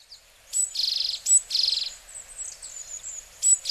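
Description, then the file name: Japanese tit buzzy calls: two harsh raspy bursts between thin high notes, then fainter high twittering. Recorded in Hyogo, Japan, in September (0903). "sijuukara 0903 hyogo kaji"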